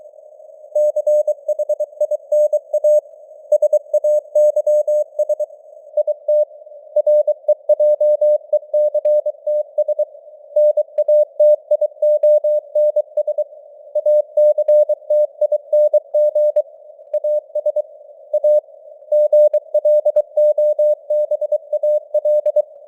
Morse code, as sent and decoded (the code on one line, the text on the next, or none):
-.-. .... .. -. .- / ... .- -.-- ... / .. - / .-. . .--- . -.-. - ... / -. .- - .. --- -. ... / .- -.-. - .. -. --. / .- ... / .- / --. .-.. --- -... .- .-..
CHINA SAYS IT REJECTS NATIONS ACTING AS A GLOBAL